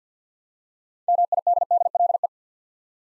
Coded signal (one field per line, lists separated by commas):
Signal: Morse code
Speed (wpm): 52 wpm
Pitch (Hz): 700 Hz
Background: none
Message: MIDDLE